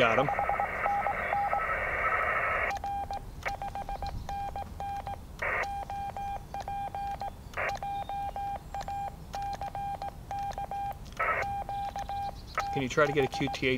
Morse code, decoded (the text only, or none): 5NN R5NN OP JACK QTH